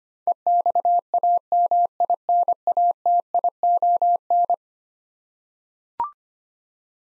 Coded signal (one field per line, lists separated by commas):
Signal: Morse code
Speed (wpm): 25 wpm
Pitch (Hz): 700 Hz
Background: none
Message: EXAMINATION